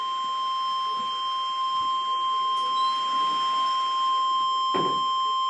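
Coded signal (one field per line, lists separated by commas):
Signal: Emergency Alert System (SAME) tones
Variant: 1050 Hz attention tone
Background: speech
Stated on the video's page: Severe thunderstorm warning from NOAA weather radio station, Tulsa office, captured on a live stream.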